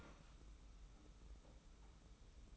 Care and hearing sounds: daily activity, microphone in the room; open fridge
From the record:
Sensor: 1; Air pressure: 991.0 hPa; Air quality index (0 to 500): 111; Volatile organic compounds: 111 ppm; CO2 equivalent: 3823 ppm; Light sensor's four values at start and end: 23/53/22/24 and 23/53/22/24

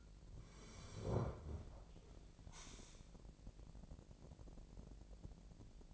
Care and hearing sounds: daily activity, microphone in the room; sit down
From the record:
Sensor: 5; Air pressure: 1001.7 hPa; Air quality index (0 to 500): 244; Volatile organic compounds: 29 ppm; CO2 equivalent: 2926 ppm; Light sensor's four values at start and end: 46/109/45/47 and 47/112/46/48

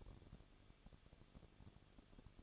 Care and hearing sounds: daily activity, microphone in the room; no activity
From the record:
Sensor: 4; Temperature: 23.1 degrees Celsius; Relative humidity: 34.1%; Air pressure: 1007.2 hPa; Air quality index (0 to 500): 215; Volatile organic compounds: 15 ppm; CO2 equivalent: 2484 ppm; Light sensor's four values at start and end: 2/3/1/1 and 2/3/1/1

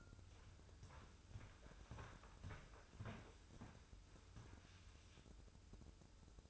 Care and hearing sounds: daily activity, microphone in the room; walk to room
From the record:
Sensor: 2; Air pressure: 995.5 hPa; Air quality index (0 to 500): 80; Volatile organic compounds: 3 ppm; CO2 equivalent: 1421 ppm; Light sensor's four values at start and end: 24/76/30/29 and 23/74/29/28

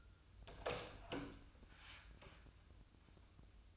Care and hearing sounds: daily activity, microphone in the room; open door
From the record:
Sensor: 2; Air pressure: 1004.8 hPa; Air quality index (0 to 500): 74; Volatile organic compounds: 1 ppm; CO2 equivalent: 874 ppm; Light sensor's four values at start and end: 7/16/6/6 and 7/16/6/6

